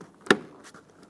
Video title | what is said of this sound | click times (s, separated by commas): How to Replace Tail Lights 2013-2020 Nissan Pathfinder | There we go. Now that's locked in. | 0.3 s